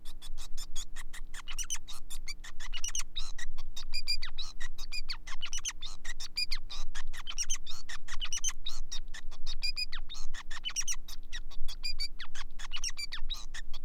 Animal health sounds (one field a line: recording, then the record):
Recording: song of a male Bengalese finch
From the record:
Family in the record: son of father 5